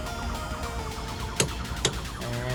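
A click-type torque wrench set to 40 lb tightens a strut bar nut on a strut tower stud of a 2017 Civic, kept under the 46 lb spec so nothing breaks. Over a steady tonal background, the wrench breaks over with a sharp snap at 1.4 s, followed by a second sharp click at 1.9 s. The nut is confirmed torqued to the setting.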